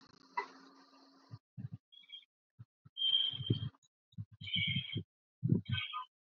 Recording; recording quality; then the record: shallow breathing; excellent, no background noise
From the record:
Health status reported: exposed to COVID-19, no respiratory illness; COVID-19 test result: negative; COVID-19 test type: RT-PCR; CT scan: not taken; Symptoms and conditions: cough, fatigue, muscle pain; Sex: female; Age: 27 years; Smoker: no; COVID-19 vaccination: both doses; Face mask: worn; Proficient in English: yes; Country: India